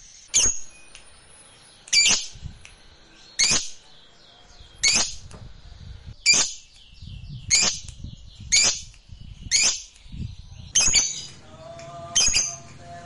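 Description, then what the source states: Lovebird giving sharp, piercing high chirps about every one to one and a half seconds, with soft low rustling between them. Fighter-type lovebird, singing energetically (gacor).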